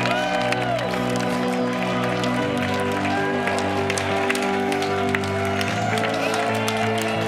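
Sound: audience cheering and applauding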